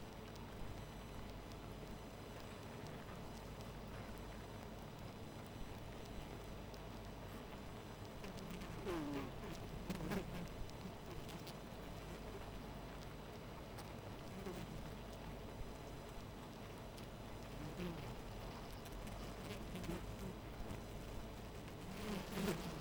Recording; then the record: honeybee colony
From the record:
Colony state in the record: missing queen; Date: 14 July 2017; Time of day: 0:12